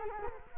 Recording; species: mosquito wingbeat signal from an infrared sensor; Culex quinquefasciatus